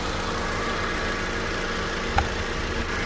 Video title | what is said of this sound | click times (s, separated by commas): How to recharge your A/C | You gotta push it till you hear that click. | 2.2 s